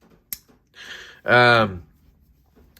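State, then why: Seated. A folding knife blade is closed into its handle, and the detent ball clicks into its hole with a sharp snap at 0.3 s, seating the blade; this deeper-sitting detent makes for a stronger detent. Someone then talks, and a faint tick follows near the end.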